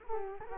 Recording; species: mosquito wingbeat signal from an infrared sensor; Culex quinquefasciatus